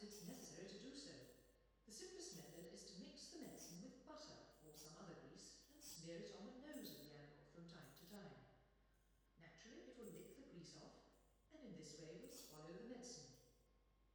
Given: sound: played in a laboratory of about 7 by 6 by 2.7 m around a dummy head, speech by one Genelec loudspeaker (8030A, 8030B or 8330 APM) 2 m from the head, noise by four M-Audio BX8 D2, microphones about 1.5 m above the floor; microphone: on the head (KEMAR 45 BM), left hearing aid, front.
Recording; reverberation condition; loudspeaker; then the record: female speech in English; high; 30 degrees to the right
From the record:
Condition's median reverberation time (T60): about 1300 ms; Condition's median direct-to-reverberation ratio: about -4.0 dB